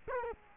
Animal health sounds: mosquito wingbeat signal from an infrared sensor; Culex quinquefasciatus

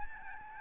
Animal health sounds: mosquito wingbeat signal from an infrared sensor; Aedes albopictus

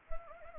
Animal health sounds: mosquito wingbeat signal from an infrared sensor; Anopheles arabiensis

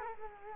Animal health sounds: mosquito wingbeat signal from an infrared sensor; Culex quinquefasciatus

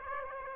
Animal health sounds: mosquito wingbeat signal from an infrared sensor; Aedes aegypti

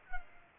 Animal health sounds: mosquito wingbeat signal from an infrared sensor; Culex pipiens

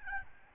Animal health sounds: mosquito wingbeat signal from an infrared sensor; Aedes albopictus

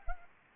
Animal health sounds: mosquito wingbeat signal from an infrared sensor; Anopheles arabiensis

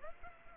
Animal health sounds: mosquito wingbeat signal from an infrared sensor; Aedes aegypti

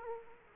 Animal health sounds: mosquito wingbeat signal from an infrared sensor; Culex quinquefasciatus

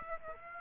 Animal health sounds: mosquito wingbeat signal from an infrared sensor; Aedes aegypti

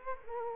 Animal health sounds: mosquito wingbeat signal from an infrared sensor; Culex quinquefasciatus

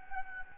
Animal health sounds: mosquito wingbeat signal from an infrared sensor; Anopheles gambiae

